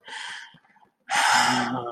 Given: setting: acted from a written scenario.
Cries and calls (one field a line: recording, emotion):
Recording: vocal sound without words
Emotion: sympathy